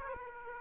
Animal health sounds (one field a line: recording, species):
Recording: mosquito wingbeat signal from an infrared sensor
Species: Aedes aegypti